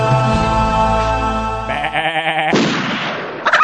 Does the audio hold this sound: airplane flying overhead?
no